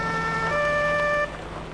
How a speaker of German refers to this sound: Da kommt der Krankenwagen.